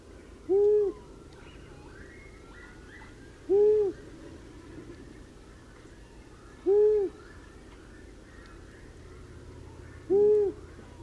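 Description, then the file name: Long-eared owl hooting four times, each a short low note about three seconds apart. "Gufo Comune"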